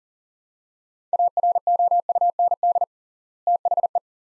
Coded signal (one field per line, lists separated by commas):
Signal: Morse code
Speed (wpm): 40 wpm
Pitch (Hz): 700 Hz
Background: none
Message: AROUND THE